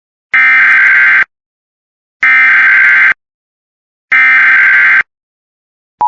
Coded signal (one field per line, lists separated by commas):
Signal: Emergency Alert System (SAME) tones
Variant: header bursts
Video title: Oklahoma Ian alert (possibly) for a autistic boy EAS #59